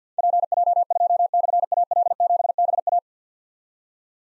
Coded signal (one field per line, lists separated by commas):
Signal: Morse code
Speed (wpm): 47 wpm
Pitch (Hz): 700 Hz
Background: none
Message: PJ2/AL7BA